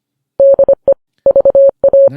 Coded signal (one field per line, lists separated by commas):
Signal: Morse code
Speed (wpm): 25 wpm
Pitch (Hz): 550 Hz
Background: none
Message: DE VA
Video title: Lviv: Another crushing blow—Episode 80 of the first English podcast on the Eastern Front of World Wa